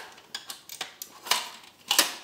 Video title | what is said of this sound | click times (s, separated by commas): GODOX R200 + AD200 with Modifiers + Example Photos Review - Moorea Thill Photography | you hear that click you know that it's ready to go | 1.3 s, 1.9 s, 2.0 s